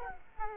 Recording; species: mosquito wingbeat signal from an infrared sensor; Culex quinquefasciatus